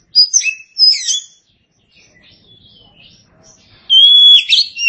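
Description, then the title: Oriental magpie-robin song: two loud slurred whistles, a quiet pause with faint soft notes, then a strong steady whistle flowing into a rich warble. "Suara Kicauan Burung Kacer"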